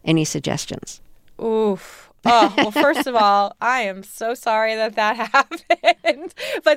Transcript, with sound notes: Any suggestions?
Ooh.
(LAUGHTER)
Well, first of all, I am so sorry that that happened.